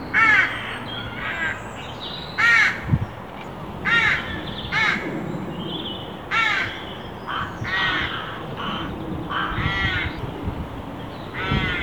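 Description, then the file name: Carrion crow giving repeated harsh, rasping caws in irregular bursts, roughly one every two seconds, some overlapping fainter caws, over a constant hiss. "Corvus corone"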